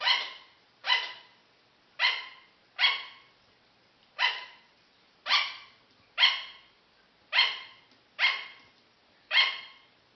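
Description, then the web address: Sugar glider barking: ten short, yapping harmonic notes with quiet gaps between. "paul. sugar Glider"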